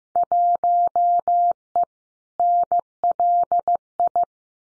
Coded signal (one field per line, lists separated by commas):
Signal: Morse code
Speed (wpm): 15 wpm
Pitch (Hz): 700 Hz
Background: none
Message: 1E NLI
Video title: Field Day Exchange 15wpm